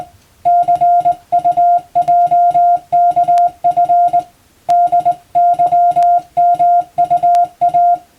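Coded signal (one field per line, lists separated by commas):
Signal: Morse code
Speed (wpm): 20 wpm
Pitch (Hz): 700 Hz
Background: music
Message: CUJKF DYMUA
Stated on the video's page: Hand-keyed Morse code practice for the Japanese radio operator exam's telegraphy test, sending English-language telegram-format practice text.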